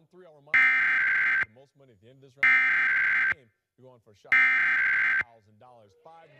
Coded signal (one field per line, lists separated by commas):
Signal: Emergency Alert System (SAME) tones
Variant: header bursts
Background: speech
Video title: PA RMT for January 2024 [EAS #1,240-1,246]